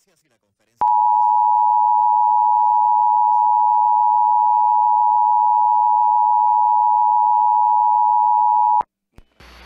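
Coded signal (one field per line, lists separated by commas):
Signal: Emergency Alert System (SAME) tones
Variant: 853 and 960 Hz attention tone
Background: speech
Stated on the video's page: Hurricane warning received on NOAA Weather Radio.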